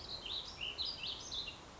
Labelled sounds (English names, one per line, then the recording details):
Warbling Vireo
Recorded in Sonoma County, California